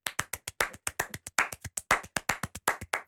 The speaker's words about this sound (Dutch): Dus alleen de mensen op tv kunnen dit zien, maar ik kan dus heel snel klappen met twee handen. Je kan het zo horen.